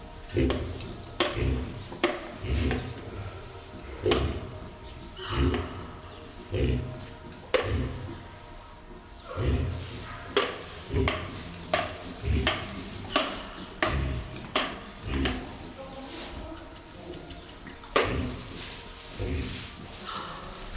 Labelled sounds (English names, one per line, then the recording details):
White-lipped Peccary
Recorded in captivity
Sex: diverse
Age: diverse
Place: Zoo Berlin, Berlin, DE
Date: 1996-04-20 17:57
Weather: sonnig, 23°C
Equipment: Sony MD-WM MZ-R3, Sennheiser MKH 416 T, Kopie Uher 4000 Report Monitor
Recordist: Tembrock, Günter
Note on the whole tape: Weißbartpekari (T.pecari): Weibchen mit Jungen. Grunzen und Zahnschlagen